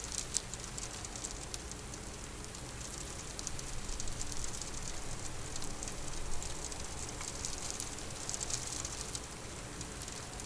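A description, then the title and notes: A winter storm blows outside a studio window, a steady dense hiss with soft crackling ticks and a low rumble underneath throughout. Recording of a winter storm happening outside my studio window.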